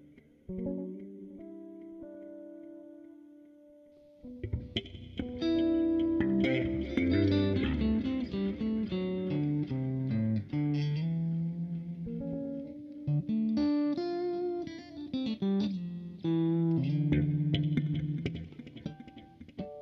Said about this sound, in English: That echo is so long.